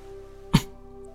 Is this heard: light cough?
yes